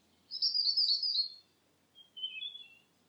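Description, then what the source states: Bird call: a rich, warbling high note lasting about a second, followed by a softer, thinner descending whistle, with near silence around them. Filtered recording.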